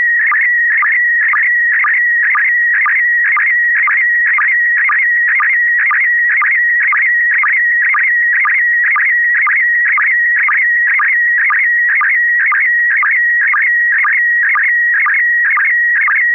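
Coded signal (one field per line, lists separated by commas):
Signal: SSTV (slow-scan television)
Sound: steady warbling tone near 1.9 kHz, interrupted by short low sync blips twice a second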